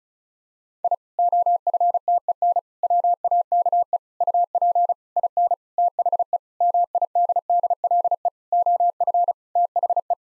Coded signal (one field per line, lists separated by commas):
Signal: Morse code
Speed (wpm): 36 wpm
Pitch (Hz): 700 Hz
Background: none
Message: I OFTEN WAKE UP IN THE MIDDLE OF THE